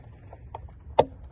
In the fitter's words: and you'll feel that you hear that little click